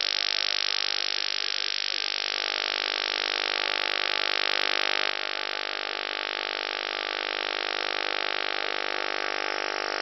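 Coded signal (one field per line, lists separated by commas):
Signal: radar signal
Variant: PLUTO OTHR, 50 Hz FMCW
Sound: steady harsh buzzing rasp, fast regular sweeps about fifty per second, throughout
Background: radio static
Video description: This video is an example of the British PLUTO (also called PLUTO II) Over The Horizon Radar (OTHR), from the island of Cyprus, transmitting on 4 different frequencies, simultaneously.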